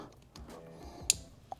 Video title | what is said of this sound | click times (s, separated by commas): Protect X Install and Testing on my 2022 Toyota 4Runner | Make sure you hear the click. | 1.1 s